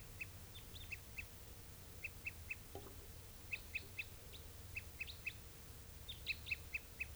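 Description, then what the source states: Crossbill calls: short, clipped notes in quick runs of a few, repeated throughout, over a low background hum. Tooping call type, a 'tuper'; two crossbills seen, both looking red.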